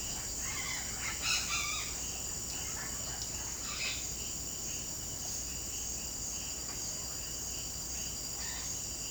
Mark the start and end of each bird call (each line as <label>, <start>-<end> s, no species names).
bird call, 0.33-1.89 s
bird call, 2.47-3.95 s